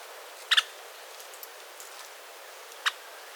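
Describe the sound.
Scarlet-backed woodpecker sharp call notes: a quick doubled pik, then a single pik about two seconds later, over quiet steady background hiss.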